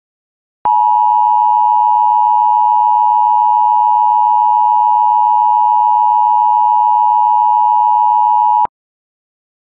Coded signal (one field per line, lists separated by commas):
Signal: Emergency Alert System (SAME) tones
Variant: 853 and 960 Hz attention tone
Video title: [RARE] EDS; DESTRUCTIVE STORMS SVR (EAS #181)